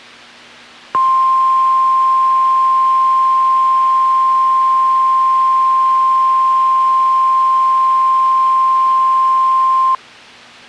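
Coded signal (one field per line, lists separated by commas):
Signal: Emergency Alert System (SAME) tones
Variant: 1050 Hz attention tone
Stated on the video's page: Required Weekly Test on a NOAA Weather Radio transmitter.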